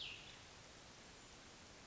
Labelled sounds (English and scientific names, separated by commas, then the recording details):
Cassin's Vireo (Vireo cassinii)
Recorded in Sonoma County, California